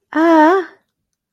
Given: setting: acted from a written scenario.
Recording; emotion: vocal sound without words; distress